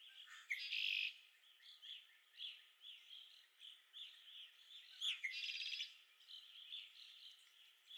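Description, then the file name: Red-winged blackbird song, two loud buzzy trills early and late, set in a busy chorus of chips and whistles from many birds. Recorded at Okalees on 5 May 2021. "2021-05-05 RWBL 26 Okalees"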